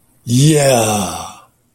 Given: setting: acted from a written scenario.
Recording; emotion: vocal sound without words; pride